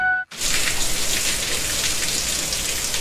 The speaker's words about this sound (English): Ah. The pitter-patter, splitter-splatter of Sunday morning's. Wait, no, that's bacon. And it's spitting all over your PJs.